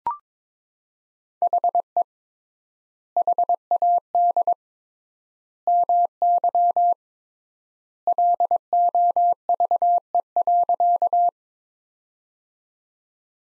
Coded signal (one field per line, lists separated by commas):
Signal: Morse code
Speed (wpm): 22 wpm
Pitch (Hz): 700 Hz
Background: none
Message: HE HAD MY LOVE.